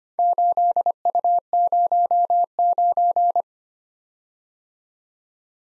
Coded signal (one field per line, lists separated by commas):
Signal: Morse code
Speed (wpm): 26 wpm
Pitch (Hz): 700 Hz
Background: none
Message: 8U09